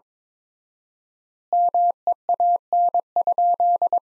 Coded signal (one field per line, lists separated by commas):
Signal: Morse code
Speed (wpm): 22 wpm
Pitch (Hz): 700 Hz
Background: none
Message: MEAN?